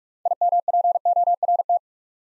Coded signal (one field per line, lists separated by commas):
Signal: Morse code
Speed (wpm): 44 wpm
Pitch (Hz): 700 Hz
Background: none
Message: IMPORT